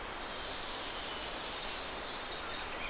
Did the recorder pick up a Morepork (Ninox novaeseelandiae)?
no